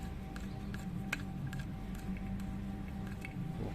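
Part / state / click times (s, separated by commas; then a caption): bolt in a motorcycle carburetor/engine thread / stripped / none. A mechanic tightens a bolt in the carburetor or engine thread of a Supra Fit motorcycle, and the thread strips. Short, faint metallic ticks sound at about 0.4, 0.7, 1.1 (the loudest), 1.5, 2.2 and 3.3 seconds over a steady low hum and a thin constant tone. None of these ticks marks the slip, and nothing has seated or clicked yet.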